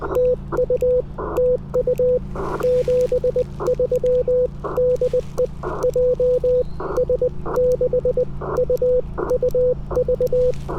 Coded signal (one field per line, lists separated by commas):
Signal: Morse code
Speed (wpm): 19 wpm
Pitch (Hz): 500 Hz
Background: radio noise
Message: TU TU 73 DE JS6UUV